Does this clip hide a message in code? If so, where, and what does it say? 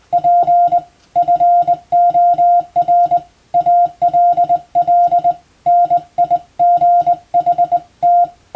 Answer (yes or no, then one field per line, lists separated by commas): yes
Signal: Morse code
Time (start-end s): 0.1-8.2 s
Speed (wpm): 21 wpm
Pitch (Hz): 700 Hz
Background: none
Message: P FOR ALL NIGHT